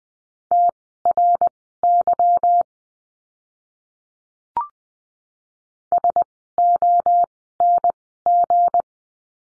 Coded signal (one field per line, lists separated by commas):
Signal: Morse code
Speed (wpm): 20 wpm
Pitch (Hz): 700 Hz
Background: none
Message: TRY SONG